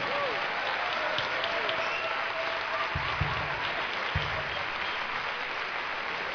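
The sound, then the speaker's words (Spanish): An audience applauds a band during a film-music concert special, a steady, dense, loud continuous wash of clapping with a few cheers and whistles rising above it. “Fuerte aplauso para ….”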